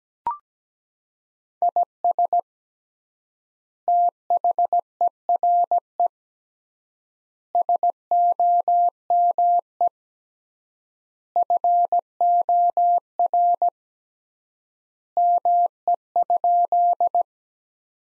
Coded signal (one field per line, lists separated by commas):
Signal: Morse code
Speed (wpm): 17 wpm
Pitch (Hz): 700 Hz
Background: none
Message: IS THERE SOME FOR ME?